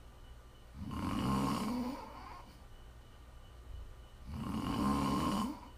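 Two low, rattling inspiratory snores about four seconds apart, roughly 15 breaths a minute, in a quiet room.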